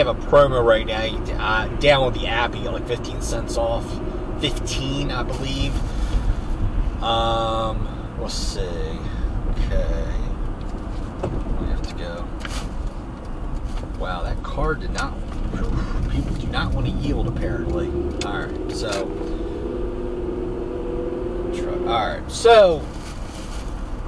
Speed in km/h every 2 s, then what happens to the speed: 63, 64, 64, 61, 61, 60, 48, 35, 35, 39, 52, 58.
0-10 steady at about 61. 10-15 brakes to 35. 17-24 speeds up to 58.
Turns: 12-18.